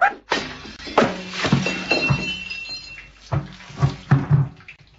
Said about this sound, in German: Da ist noch ein Topf voll Wasser. Wirf den auch noch runter, dann kannst du den Boden auch gleich aufwischen.